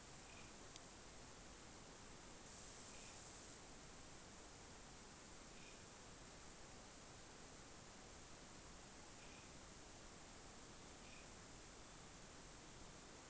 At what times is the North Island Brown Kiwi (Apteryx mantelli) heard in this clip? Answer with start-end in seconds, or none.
none